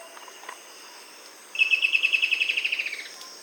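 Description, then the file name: Bird trill of rapid, evenly spaced high notes lasting about one and a half seconds, gently fading and dropping in pitch toward the end, over a soft hiss. "SABIOD 50 bird 2015"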